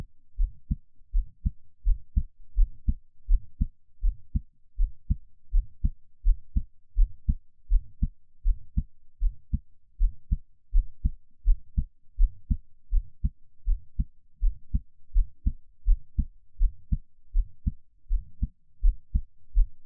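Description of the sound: Soft, low, paired thumps repeat in a steady rhythm at about 82 beats a minute, with no talking or other sounds. It is an adult's own heartbeat, heard close up for ASMR listening.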